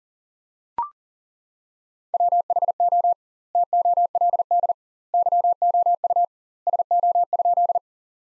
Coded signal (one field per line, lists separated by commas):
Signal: Morse code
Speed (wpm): 40 wpm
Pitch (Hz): 700 Hz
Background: none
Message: WHO TOLD YOU SO?